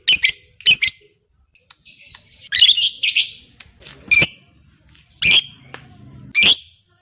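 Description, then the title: Lovebird calls, a set of loud sharp high chirps and squeaky notes in irregular bursts, with quiet gaps between them. Fighter-type lovebird. "Begitu Dengar Suara Lovebird FIGHTER NGEKEK PANJANG"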